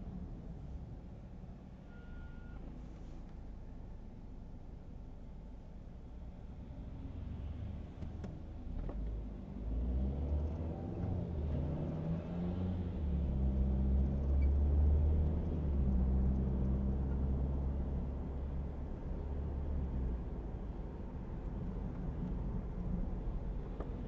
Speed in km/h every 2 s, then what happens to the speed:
55, 42, 20, 2, 0, 0, 0, 9, 29, 37, 43, 45.
0-6 brakes to 2. 6-13 standing. 13-24 pulls away to 45.